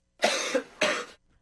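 Two harsh, explosive coughs from an adult, an irritant cough caused by a chili pepper.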